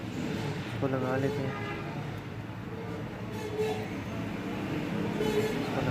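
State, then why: Not seated. A signal (antenna) wire on the board of an Infinix Hot 8 (X650) smartphone is lifted from where it rests and routed into its holder during a charging port replacement, before being locked in. Someone talks over a steady low background hum with faint tonal traces, and no distinct handling sounds stand out. The wire has not yet been locked and nothing has clicked into place.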